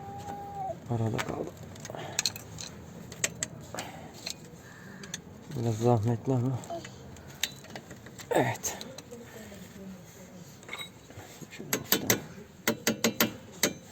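A front brake pad is handled at the caliper bracket of an Opel (A body) car disc brake during a front pad replacement, as someone talks. Sharp metal clunks and knocks are heard through the clip, with a cluster near the end. The pad has not seated yet and nothing has clicked into place.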